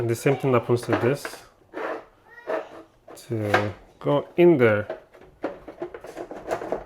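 A second matching kitchen organizer piece is handled and lined up to be fitted into its mount the same way as the first, while someone talks. A few brief, light handling knocks are heard near the end, but nothing has seated or clicked into place yet.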